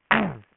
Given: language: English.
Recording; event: throat vibration sensor signal played as sound; throat clearing